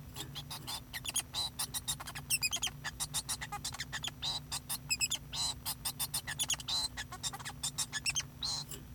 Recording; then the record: song of a male Bengalese finch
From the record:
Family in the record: son of father 2